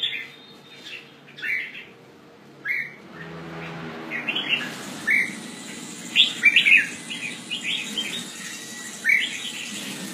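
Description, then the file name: Red-whiskered bulbul uttering short lilting chirps and brief warbled phrases repeatedly. "Pycnonotus jocosus"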